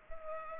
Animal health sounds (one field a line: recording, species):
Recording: mosquito wingbeat signal from an infrared sensor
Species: Culex pipiens